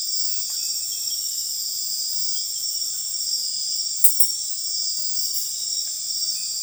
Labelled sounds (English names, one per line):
none